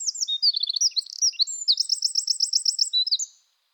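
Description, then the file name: Eurasian wren song, shrill and rapid, with a brief trill early and a longer steady rattle in the second half. "Troglodytes troglodytes"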